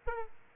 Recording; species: mosquito wingbeat signal from an infrared sensor; Aedes aegypti